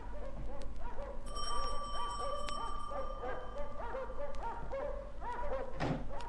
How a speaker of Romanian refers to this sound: Latră câini. Doamna Fairfax, latră și ei uneori la vânt, alteori la lună.